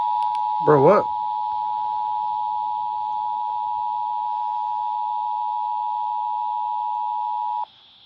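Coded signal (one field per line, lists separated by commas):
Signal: Emergency Alert System (SAME) tones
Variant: 853 and 960 Hz attention tone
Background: speech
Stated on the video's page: Required Monthly Test received off a broadcast station relay.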